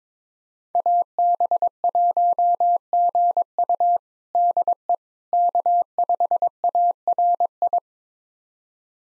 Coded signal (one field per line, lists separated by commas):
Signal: Morse code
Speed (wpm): 22 wpm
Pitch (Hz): 700 Hz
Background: none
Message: AB1GU DE K5ARI